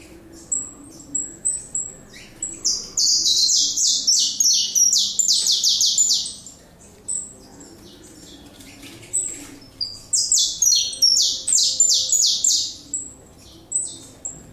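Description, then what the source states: Saffron finch song: thin high notes, then two rapid bursts of sharp chirps stepping down in pitch, separated by a quiet pause. Recorded in the Pantanal.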